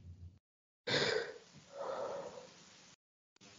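A single sudden, loud explosive burst of air from an adult man, followed by a fading, breathy tail lasting about two seconds. This fits an ordinary sneeze. The sound cuts to near-silence just before and after it.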